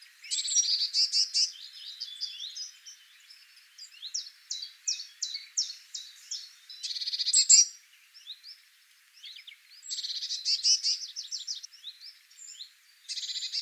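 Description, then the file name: Eurasian blue tit giving bursts of rapid, buzzy churring notes in several separate runs, with brief thin chirps between them and quiet pauses. "Cyanistes caeruleus"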